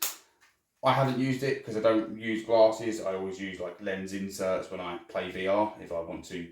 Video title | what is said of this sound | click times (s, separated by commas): Magnetic Quest 3 Interface - Globular Cluster F3 Review | and you just slow it on and the magnets will just click into place | 0.0 s